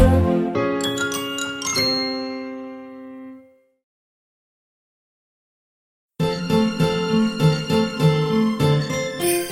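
Bright jingling bells ring out in a few quick strikes that shimmer and fade into silence, then return as a dense, sparkling, rhythmic jingle over a musical backing.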